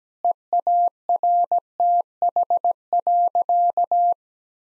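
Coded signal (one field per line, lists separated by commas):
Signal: Morse code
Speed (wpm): 17 wpm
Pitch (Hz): 700 Hz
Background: none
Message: EARTH.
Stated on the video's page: Morse practice sentences at 17 wpm with contextual hints.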